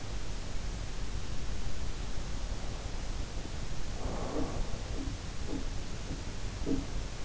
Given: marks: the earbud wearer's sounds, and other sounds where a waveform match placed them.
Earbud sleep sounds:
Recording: sounds in sleep by an in-ear microphone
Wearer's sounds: breath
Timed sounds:
2.23-4.60 s: breath
4.31-7.25 s: sound from someone else or the room

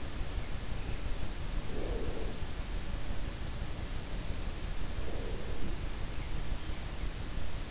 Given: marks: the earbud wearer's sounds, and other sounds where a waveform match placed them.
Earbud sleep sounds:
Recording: sounds in sleep by an in-ear microphone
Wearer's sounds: breath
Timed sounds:
1.18-2.87 s: breath
4.71-6.01 s: breath

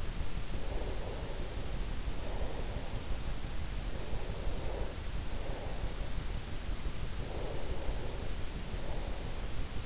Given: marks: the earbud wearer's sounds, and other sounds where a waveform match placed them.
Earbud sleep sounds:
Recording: sounds in sleep by an in-ear microphone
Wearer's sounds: breath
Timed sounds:
0.32-6.49 s: breath
6.78-9.86 s: breath

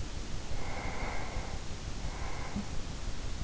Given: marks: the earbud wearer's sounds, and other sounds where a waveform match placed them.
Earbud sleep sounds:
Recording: sounds in sleep by an in-ear microphone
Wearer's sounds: breath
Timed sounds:
0.30-3.02 s: breath

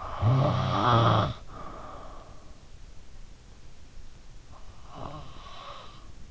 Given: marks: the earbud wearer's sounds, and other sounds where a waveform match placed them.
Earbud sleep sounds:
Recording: sounds in sleep by an in-ear microphone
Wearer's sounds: snoring breath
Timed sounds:
0.07-2.32 s: snoring breath
4.62-6.31 s: snoring breath

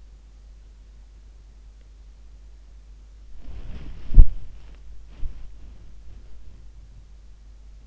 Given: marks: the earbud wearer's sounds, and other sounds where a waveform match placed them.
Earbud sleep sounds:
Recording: sounds in sleep by an in-ear microphone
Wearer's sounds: body movement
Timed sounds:
3.40-4.66 s: body movement

